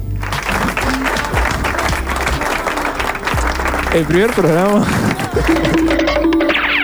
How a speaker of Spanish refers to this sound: ¿Me pones un ruido de aplauso, por favor, también?